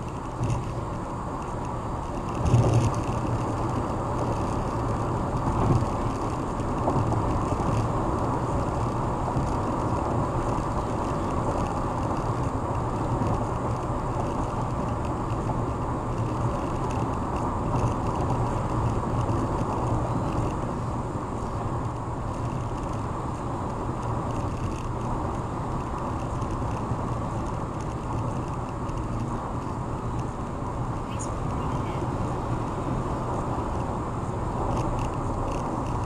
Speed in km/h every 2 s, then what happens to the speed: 127, 127, 126, 124, 124, 124, 124, 124, 124, 124, 122, 122, 121, 121, 121, 121, 119, 118.
0-36 steady at about 124.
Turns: none.